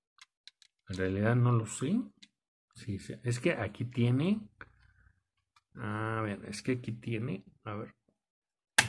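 A plastic piece of a fast-food toy figure is pressed by hand into its socket in the figure's body while someone talks. A single sharp click at 8.8 s marks the piece press-fitting into place, seated.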